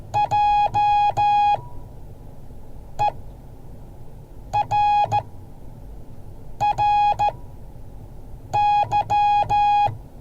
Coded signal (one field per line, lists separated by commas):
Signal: Morse code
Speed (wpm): 14 wpm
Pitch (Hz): 830 Hz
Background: none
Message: JERRY